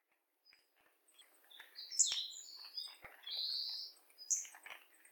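Bird chirping, a few faint notes, then a quick cluster of high, sharp notes followed by a longer, steady high note and a few trailing twitters.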